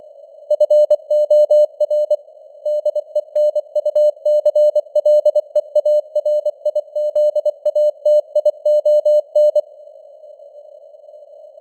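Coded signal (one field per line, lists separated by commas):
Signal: Morse code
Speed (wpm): 24 wpm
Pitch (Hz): 600 Hz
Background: none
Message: FOR DENUCLEARIZATION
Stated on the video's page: News headlines sent in Morse at 24 wpm with simulated radio noise and varying signal strength (QSB).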